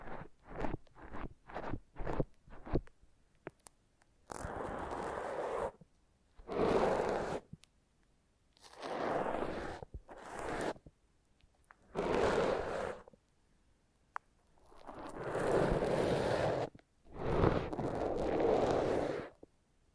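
Foam massage: quick squeaky rubs in the first three seconds, then slower long rubbing strokes about every two seconds, with short silences between.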